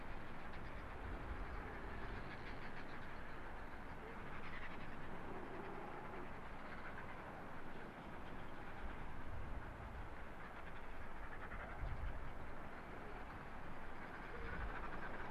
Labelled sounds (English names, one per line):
Arctic Fox